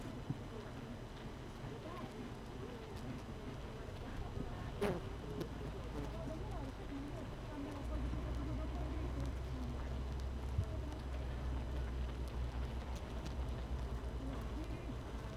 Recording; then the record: honeybee colony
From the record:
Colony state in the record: missing queen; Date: 31 May 2018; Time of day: 16:00